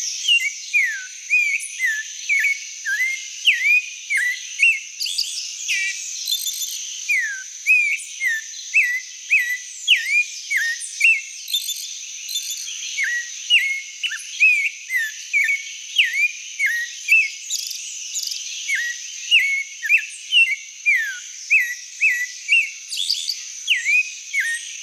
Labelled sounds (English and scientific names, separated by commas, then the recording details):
Clay-colored Thrush (Turdus grayi) song
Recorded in the wild
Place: Quepos / Manuel Antonio Nationalpark, CR
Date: 1992-04-22
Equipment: Dat-Recorder Casio DA 7, Telinga DAT, Telinga-Parabolspiegel
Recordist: Schwarz, Dieter